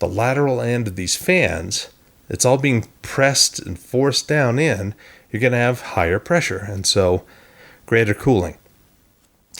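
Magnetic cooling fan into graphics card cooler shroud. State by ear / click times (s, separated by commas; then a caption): seated / 9.5 s. A detachable magnetic fan on an XFX Mercury Radeon RX 7900 XTX Magnetic Air graphics card is pressed back onto the card's cooler shroud. Someone talks for most of the clip. After a quiet stretch, the fan snaps into place with one sharp click at 9.6 s and is seated.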